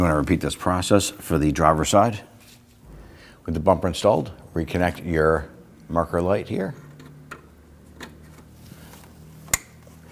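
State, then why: Seated. Someone talks while the plastic electrical connector of the side marker light on a 2010-2019 Ford Taurus is reconnected into the lamp socket after the bumper is installed, during an active grille shutter replacement. After a few faint ticks, a sharp click at 9.5 s marks the connector seating in place.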